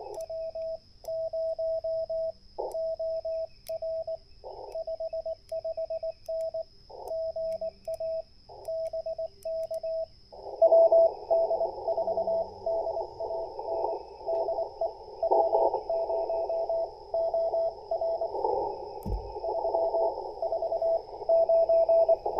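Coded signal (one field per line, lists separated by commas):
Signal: Morse code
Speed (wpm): 22 wpm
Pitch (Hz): 660 Hz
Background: radio noise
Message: W0OR 55N GA BK WD4DAN DE W0OR 349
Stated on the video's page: Parks on the Air CW activation, using a portable vertical antenna for 40m to 6m with a tuner.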